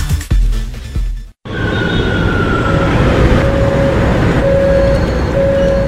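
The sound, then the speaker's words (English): Subway train ambience: a steady low rumble and rattle with a sustained electric motor whine. After a brief dropout near the start, the whine holds at a constant pitch. “Iba a subirme en el metro para llegar a mi trabajo colocándome los audífonos para ir escuchando Antena 8.”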